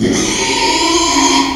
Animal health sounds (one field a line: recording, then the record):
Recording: squeal of a Yucatan mini pig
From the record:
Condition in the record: after surgery on the right vocal fold (resection and tissue-engineered implant)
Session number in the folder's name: 2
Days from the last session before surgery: 13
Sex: male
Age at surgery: 12 weeks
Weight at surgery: 13 kg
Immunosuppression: cyclosporine, prednisolone